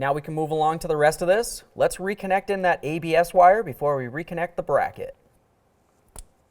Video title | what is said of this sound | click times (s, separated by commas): How to Replace Front Lower Control Arm 2002-2006 Honda CR-V | get a little click give it a tug to make sure it's 100 secured | 6.2 s